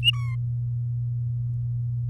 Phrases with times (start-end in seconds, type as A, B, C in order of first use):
0.03-0.35 A